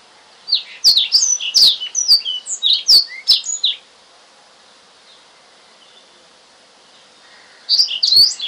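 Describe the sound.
Oriental magpie-robin sings a quick phrase of high whistles and clicks, falls silent for about four seconds, then resumes briefly at the end.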